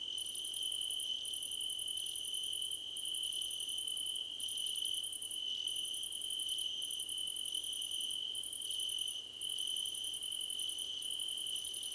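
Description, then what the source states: Several crickets calling together, a constant shrill tone overlaid with quick pulsed chirp trains separated by brief gaps. Crickets in a choir competition.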